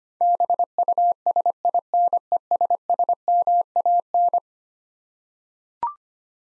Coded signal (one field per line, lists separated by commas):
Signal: Morse code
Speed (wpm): 25 wpm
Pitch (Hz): 700 Hz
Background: none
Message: BUSINESSMAN